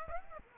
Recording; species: mosquito wingbeat signal from an infrared sensor; Aedes aegypti